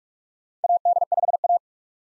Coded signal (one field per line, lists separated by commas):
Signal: Morse code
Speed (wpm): 46 wpm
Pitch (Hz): 700 Hz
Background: none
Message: AD5A